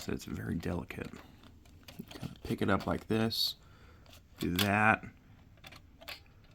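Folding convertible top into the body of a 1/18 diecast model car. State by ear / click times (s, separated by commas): not seated / none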